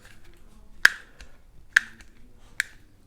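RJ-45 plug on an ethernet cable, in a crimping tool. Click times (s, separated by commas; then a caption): 0.8 s, 1.8 s, 2.6 s. An RJ-45 plug on an ethernet cable is crimped again several times in a crimping tool to make sure it is done. Three sharp clicks ring out at 0.9, 1.8 and 2.6 seconds, with faint ticks in between, and the plug is seated.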